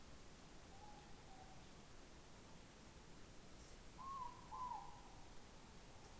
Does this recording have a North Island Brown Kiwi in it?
no